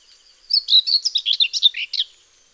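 Common whitethroat delivering a hurried scratchy warble of many quick notes, lasting under two seconds.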